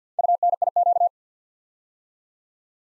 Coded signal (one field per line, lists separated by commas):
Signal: Morse code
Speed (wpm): 50 wpm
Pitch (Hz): 700 Hz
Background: none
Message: UNIQ